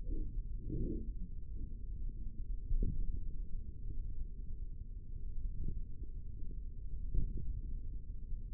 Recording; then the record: forearm muscle sounds (acoustic myography)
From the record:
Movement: index flexion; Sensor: system 3, bracelet of six PUI Audio POM-2738L microphones around the upper forearm, with dedicated amplification and filtering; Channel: 6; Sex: male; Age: 55 years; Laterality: right